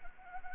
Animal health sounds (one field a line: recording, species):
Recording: mosquito wingbeat signal from an infrared sensor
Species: Anopheles gambiae